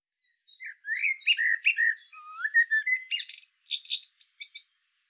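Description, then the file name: Common blackbird song: slow, fluty warbled phrases including a low sliding whistle, followed by a rapid, high, scratchy twitter. "Turdus merula"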